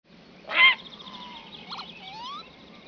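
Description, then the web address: Heron giving a single harsh squawk lasting about a quarter second, followed by faint thin whistled tones. "Levi Metro Heron"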